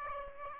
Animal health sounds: mosquito wingbeat signal from an infrared sensor; Aedes aegypti

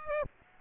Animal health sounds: mosquito wingbeat signal from an infrared sensor; Aedes aegypti

